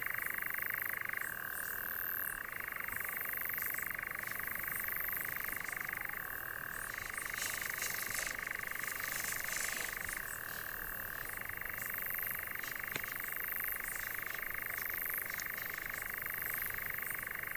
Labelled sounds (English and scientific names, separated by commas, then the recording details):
Eurasian Nightjar (Caprimulgus europaeus) song
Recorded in the wild
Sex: male
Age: adult
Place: Tiuccia, Corsica, FR
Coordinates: 42.0692, 8.73167
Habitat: macchia
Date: 2011-07-16
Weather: 20°C, clear night, almost windless
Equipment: Fostex FR2-LE, Sennheiser ME66, Popschutz
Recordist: Frommolt, Karl-Heinz